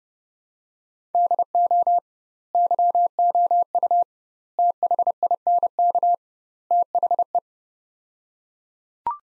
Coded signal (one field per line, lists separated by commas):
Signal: Morse code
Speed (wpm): 30 wpm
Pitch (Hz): 700 Hz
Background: none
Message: DO YOU THINK THE